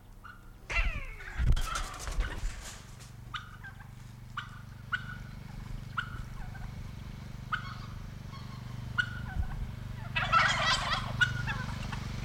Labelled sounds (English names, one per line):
Snowy Owl